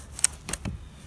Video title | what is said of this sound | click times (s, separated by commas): The Gamo Phox specs and review | want to pull the bolt back make sure it clicks otherwise it won't actually put any gas through so | 0.2 s